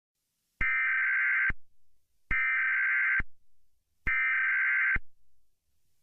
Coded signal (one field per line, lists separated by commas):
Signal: Emergency Alert System (SAME) tones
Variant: header bursts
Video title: LEVELED: [EAS TORNADO SCENARIO]